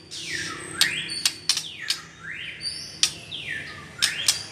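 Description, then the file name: White-rumped shama song of long whistled sweeps that fall then rise, broken by several sharp, dry clicks spaced through the phrase. Female bird. "murai batu betina"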